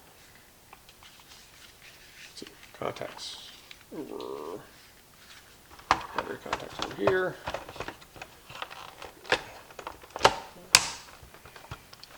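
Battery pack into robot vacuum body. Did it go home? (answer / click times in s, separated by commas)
yes / 10.8 s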